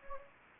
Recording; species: mosquito wingbeat signal from an infrared sensor; Anopheles gambiae